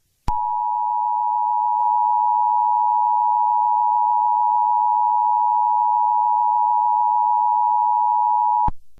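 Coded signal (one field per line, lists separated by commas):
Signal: Emergency Alert System (SAME) tones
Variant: 853 and 960 Hz attention tone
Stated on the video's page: Fictional EAS alarms.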